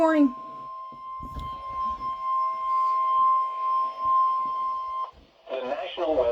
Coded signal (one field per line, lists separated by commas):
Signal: Emergency Alert System (SAME) tones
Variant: 1050 Hz attention tone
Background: speech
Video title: (EAS #30) Severe Thunderstorm Warning 4/17/26